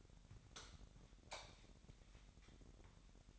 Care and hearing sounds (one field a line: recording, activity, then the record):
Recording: daily activity, microphone in the room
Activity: light off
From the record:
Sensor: 3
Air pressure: 1011.9 hPa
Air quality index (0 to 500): 231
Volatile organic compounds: 5 ppm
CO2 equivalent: 1719 ppm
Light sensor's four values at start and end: 15/38/16/15 and 13/29/12/12